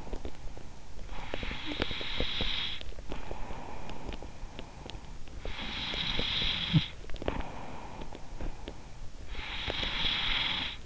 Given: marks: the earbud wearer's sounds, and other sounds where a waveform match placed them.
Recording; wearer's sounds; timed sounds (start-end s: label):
sounds in sleep by an in-ear microphone; breath, teeth grinding
0.00-10.86 s: breath
1.52-2.64 s: teeth grinding